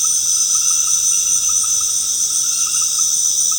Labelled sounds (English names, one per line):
none